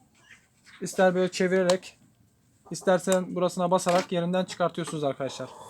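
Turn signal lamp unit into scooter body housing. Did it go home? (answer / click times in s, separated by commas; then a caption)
no / none. A turn signal lamp unit is handled at the body housing of a Piaggio Vespa LX150i scooter while someone talks. The new unit is not yet seated, and no click is heard.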